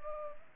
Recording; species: mosquito wingbeat signal from an infrared sensor; Anopheles arabiensis